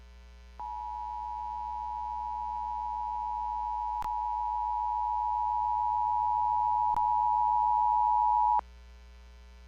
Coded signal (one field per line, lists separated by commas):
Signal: Emergency Alert System (SAME) tones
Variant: 853 and 960 Hz attention tone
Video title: (EAS #27) | Guam Flash Flood Warning on KGUM-AM | 08/27/2020 (READ DESC!)